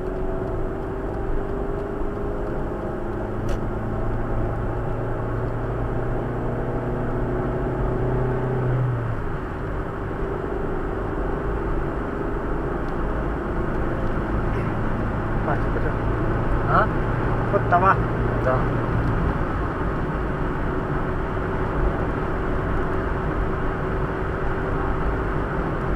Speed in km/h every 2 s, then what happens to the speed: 59, 64, 69, 73, 76, 76, 79, 83, 87, 89, 88, 89, 91.
0-7 speeds up to 76. 11-17 speeds up to 89. 17-26 steady at about 89.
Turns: none.